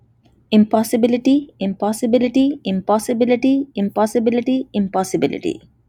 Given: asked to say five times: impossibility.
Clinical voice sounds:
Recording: repeated word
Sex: male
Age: 30 to 39 years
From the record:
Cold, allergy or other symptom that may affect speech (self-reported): no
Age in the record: 32 years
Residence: North Carolina, United States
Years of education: 16

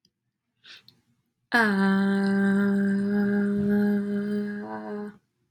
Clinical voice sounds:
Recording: vowel held as long as possible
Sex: female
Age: 20 to 29 years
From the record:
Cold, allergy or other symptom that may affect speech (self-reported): no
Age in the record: 21 years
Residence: Illinois, United States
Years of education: 16

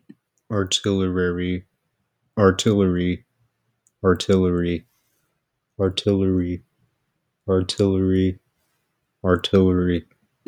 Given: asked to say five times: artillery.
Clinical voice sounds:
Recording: repeated word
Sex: male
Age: 20 to 29 years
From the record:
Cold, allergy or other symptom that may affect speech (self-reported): no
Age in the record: 25 years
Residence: Texas, United States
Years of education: 19

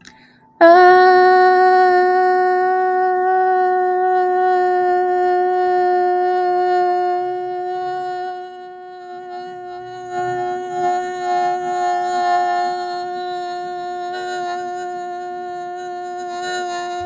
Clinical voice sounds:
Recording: vowel held as long as possible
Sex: female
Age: 30 to 39 years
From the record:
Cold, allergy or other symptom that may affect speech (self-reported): no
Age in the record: 31 years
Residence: Massachusetts, United States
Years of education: 15

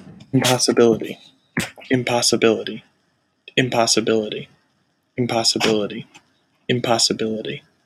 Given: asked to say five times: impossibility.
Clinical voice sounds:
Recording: repeated word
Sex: male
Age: 20 to 29 years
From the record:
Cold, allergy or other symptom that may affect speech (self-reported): no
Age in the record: 27 years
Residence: Connecticut, United States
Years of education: 18

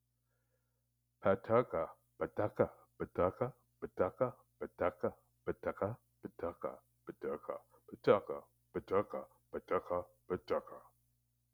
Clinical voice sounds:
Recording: repeated syllables /pa ta ka/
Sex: male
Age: 60 to 69 years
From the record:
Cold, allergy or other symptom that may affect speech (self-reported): no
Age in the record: 69 years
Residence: California, United States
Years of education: 14

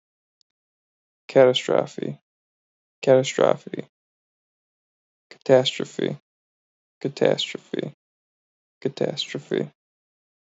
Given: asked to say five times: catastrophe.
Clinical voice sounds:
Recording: repeated word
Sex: male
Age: 20 to 29 years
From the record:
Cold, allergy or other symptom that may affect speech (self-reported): no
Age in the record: 25 years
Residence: Michigan, United States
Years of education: 13

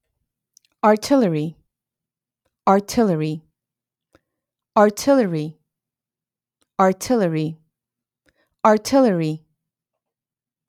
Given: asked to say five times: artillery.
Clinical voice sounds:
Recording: repeated word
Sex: female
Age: 30 to 39 years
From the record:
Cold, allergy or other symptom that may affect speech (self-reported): no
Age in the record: 36 years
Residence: California, United States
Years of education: 16

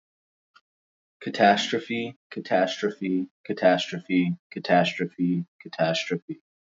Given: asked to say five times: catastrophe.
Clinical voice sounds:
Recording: repeated word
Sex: male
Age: 20 to 29 years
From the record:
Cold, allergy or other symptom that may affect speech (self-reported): no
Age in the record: 25 years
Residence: Ohio, United States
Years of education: 14

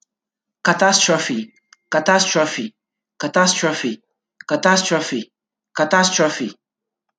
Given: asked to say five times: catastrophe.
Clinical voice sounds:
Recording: repeated word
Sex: male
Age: 20 to 29 years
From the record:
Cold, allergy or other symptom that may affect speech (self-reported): no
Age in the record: 24 years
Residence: Nevada, United States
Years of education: 14

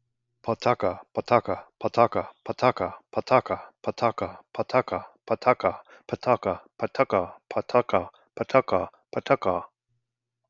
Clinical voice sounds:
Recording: repeated syllables /pa ta ka/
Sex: male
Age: 40 to 49 years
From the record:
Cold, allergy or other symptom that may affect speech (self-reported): no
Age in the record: 45 years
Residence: Arkansas, United States

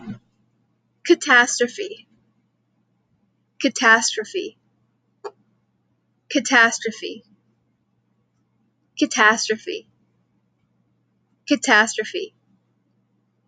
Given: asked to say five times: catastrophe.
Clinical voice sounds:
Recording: repeated word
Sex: female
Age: 18 to 19 years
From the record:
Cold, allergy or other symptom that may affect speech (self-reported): no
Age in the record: 19 years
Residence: Texas, United States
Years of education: 13

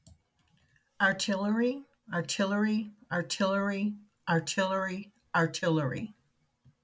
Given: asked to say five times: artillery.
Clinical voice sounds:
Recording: repeated word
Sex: female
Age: 60 to 69 years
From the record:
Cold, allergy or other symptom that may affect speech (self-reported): no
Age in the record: 60 years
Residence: Michigan, United States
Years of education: 13

